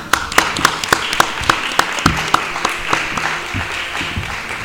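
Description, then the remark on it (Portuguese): Audience applause at the Cinema Adriano, welcoming guests of a Radio Filispín program: a steady wash of many hands clapping, with sharper individual claps standing out irregularly, sustained at a fairly even loudness throughout without any talking. “Vamos a recibilos con un forte aplauso.”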